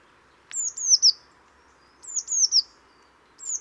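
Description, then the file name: Eurasian blue tit uttering high, thin falling notes in a quick triplet, then another triplet and a final note, with faint background noise. "Cyanistes caeruleus"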